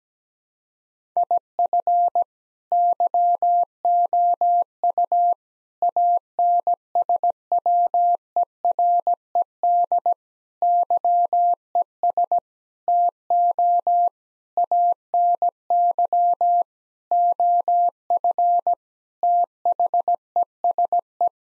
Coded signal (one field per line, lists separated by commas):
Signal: Morse code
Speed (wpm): 17 wpm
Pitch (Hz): 700 Hz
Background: none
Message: IF YOU ANSWERED YES TO ANY OF THESE